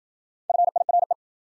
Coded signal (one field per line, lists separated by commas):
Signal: Morse code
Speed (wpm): 53 wpm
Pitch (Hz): 700 Hz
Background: none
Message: FIRE